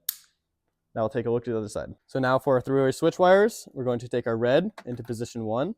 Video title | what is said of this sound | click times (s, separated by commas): 5th Gen 4Runner Light Kit Installation (New) | and snap right in. | 0.1 s